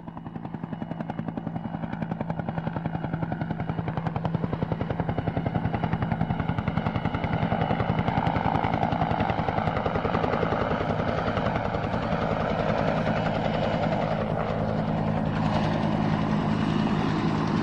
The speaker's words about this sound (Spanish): Suenan los helicópteros, vuelan bajo, cruzan las nubes.